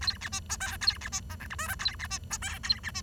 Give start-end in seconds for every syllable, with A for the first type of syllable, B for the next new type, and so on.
0.01-0.17 A, 0.21-0.29 B, 0.32-0.40 C, 0.49-0.56 D, 0.60-0.77 E, 0.81-0.97 A, 1.01-1.09 B, 1.12-1.20 C, 1.30-1.36 F, 1.40-1.47 G, 1.50-1.55 H, 1.58-1.67 I, 1.68-1.75 J, 1.79-1.95 A, 1.99-2.07 B, 2.10-2.18 C, 2.30-2.37 D, 2.42-2.58 E, 2.63-2.80 A, 2.83-2.91 B, 2.94-3.01 C